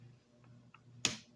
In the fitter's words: you heard that snap down in there or not, but that one snapped down.